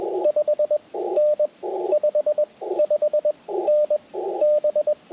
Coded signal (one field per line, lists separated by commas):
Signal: Morse code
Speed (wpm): 20 wpm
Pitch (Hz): 600 Hz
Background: radio noise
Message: 5N 55N B